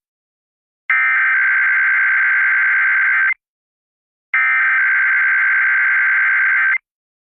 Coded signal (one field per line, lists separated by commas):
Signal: Emergency Alert System (SAME) tones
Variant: header bursts